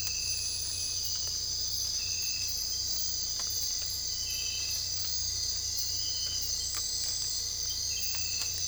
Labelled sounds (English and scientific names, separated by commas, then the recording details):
none
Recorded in dense forest near Puerto Asís, Putumayo, Colombia, on 22 December 2024 at 03:30
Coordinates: 0.485, -76.318
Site GP03